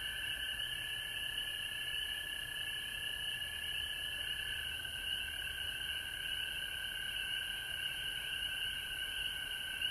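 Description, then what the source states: Frogs trilling together as an unbroken drone, a clear lower tone holding steady beneath a higher shimmering band. Frogs recorded at home in Georgia on March 19, 2020.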